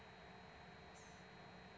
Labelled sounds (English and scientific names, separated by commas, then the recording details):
Blue-gray Gnatcatcher (Polioptila caerulea)
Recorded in Sonoma County, California